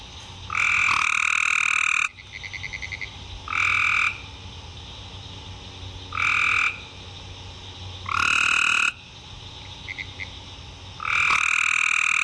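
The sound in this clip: Frogs calling: loud buzzy trilled croaks in bursts of about a second, separated by gaps with softer pulsed calls.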